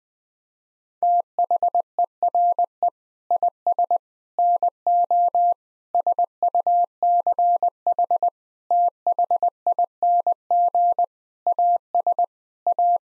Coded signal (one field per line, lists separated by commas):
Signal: Morse code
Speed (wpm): 21 wpm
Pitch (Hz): 700 Hz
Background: none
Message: THERE IS NO SUCH THING AS A